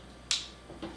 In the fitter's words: and a lock you hear the click